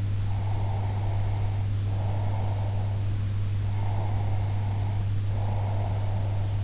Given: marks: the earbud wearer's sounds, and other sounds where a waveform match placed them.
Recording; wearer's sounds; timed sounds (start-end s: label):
sounds in sleep by an in-ear microphone; breath
0.22-3.05 s: breath
3.77-6.60 s: breath